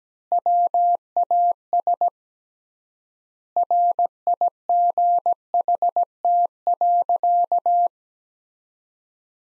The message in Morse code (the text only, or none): WAS RIGHT.